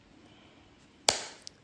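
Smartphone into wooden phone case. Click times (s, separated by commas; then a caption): 1.1 s. A Fairphone 5 smartphone is pressed into a freshly CNC-machined wooden case for a test fit and snaps home with a loud, sharp snap at 1.1 s, followed by a brief ringing tail. Two faint ticks follow at 1.4 and 1.5 s. The phone is seated in the case.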